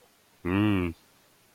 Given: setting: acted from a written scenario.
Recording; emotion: vocal sound without words; pride